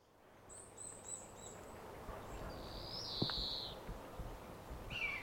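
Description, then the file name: European greenfinch with a nasal, buzzy wheeze in midway, a sharp click during it, a brief buzzy note at the end, and thin high notes near the start. "Chloris chloris"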